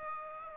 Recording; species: mosquito wingbeat signal from an infrared sensor; Aedes aegypti